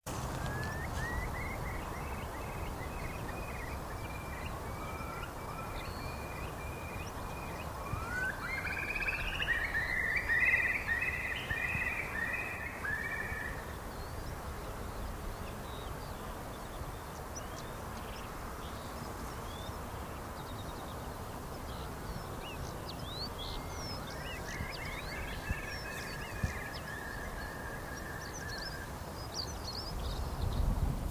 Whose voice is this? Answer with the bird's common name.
Eurasian Curlew